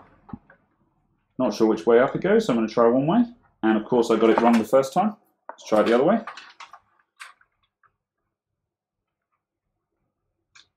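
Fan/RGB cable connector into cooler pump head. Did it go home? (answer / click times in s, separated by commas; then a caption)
no / none. Someone talks while handling a small fan/RGB cable connector at the back of a cooler pump head, first trying it one way up and getting it wrong, then turning it over to try the other way. A few faint ticks of handling follow. Nothing has seated or clicked yet.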